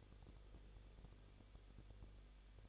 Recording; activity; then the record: daily activity, microphone in the room; no activity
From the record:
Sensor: 4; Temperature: 23.1 degrees Celsius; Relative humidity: 34.1%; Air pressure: 1007.2 hPa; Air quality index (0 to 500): 215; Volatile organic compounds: 15 ppm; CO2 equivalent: 2487 ppm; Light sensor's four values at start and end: 2/3/1/1 and 2/3/1/1